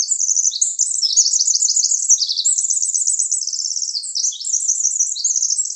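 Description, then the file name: Winter wren song: a long, rapid, tumbling cascade of high tinkling trills, continuing without pause throughout. Recorded in Arizona on 26 June 2006. "WIWR COONS"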